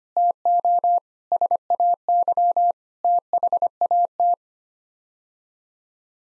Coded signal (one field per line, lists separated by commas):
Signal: Morse code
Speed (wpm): 25 wpm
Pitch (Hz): 700 Hz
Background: none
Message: TO SAY THAT